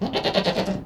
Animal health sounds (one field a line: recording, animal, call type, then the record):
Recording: contact call of a hoofed animal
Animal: goat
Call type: low-frequency (closed-mouth) or high-frequency (open-mouth) call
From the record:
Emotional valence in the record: negative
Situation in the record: food frustration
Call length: 0.86 s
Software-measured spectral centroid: 2290 Hz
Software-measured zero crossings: 2010 a second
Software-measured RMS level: -24 dBFS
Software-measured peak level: -6 dBFS